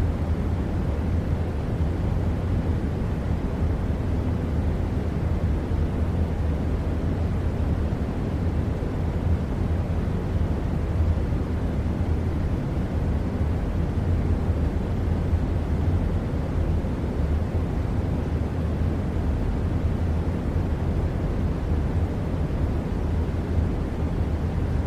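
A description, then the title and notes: A steady air conditioner fan runs with a dense, unchanging rush of air that sits mostly in the low and middle range. A constant low hum stays underneath throughout, with no breaks or distinct events across the recording. White Noise AC Fan Sounds.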